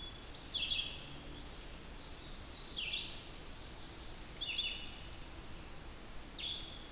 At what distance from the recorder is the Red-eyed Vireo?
about 40 m